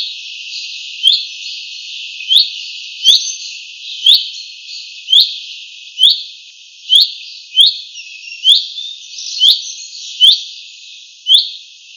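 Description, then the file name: Common chaffinch calling steadily, a string of about a dozen short rising whistles at roughly one-second intervals, fairly even in loudness. "Fringilla coelebs"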